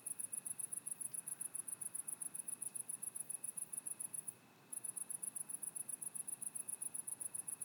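Cicada song, a very high pulsing buzz repeated rapidly and steadily, with a brief pause midway, over a faint constant tone.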